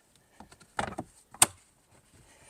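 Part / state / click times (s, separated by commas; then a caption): interior trim cover onto magnetic mounts over cabin filter housing / seated / 0.8 s, 1.4 s. A plastic interior trim cover over the cabin air filter housing of a 2026 Tesla Model Y Juniper is pushed back onto its two magnetic mounts. After a few faint taps, two sharp snaps ring out at 0.8 s and 1.4 s, the second much louder. Both magnets have snapped on, and the cover is seated in place.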